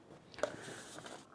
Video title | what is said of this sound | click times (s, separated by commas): AMZCHEF SJ 036 Automatic Cold Press Juicer Unboxing & Review | it just clicks into place like so | 0.4 s